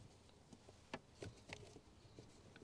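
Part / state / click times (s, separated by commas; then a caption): wiring connector into blower resistor / not seated / none. On a BMW E30, the plastic electrical connector of the wiring is handled at the blower resistor after being fed through the hole, ready to be pushed home. Faint rustling and small tapping sounds are heard, with sharper ticks at about 0.9, 1.5 and 2.7 seconds. Nothing has seated or clicked yet.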